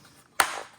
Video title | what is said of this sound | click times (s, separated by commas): Travel Toy Episode #15: Joelanta or Joe A Lanta | There we go. Feels like that's snapped in now. | 0.4 s